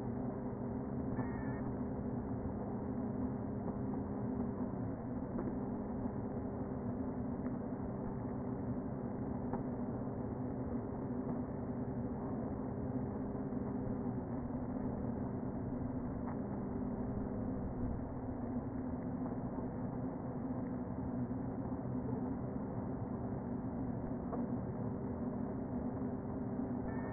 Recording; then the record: honeybee colony, microphone inside the hive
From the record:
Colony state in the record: queen present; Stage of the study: before two queens were removed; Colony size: about 60,000 bees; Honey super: yes